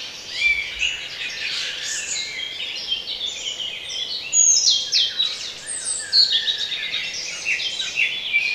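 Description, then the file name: A chorus of songbirds, busy high chirping and trilling phrases layered over one another, growing fuller halfway through. Bird sounds for relaxation. "relaksacja odglosy ptakow"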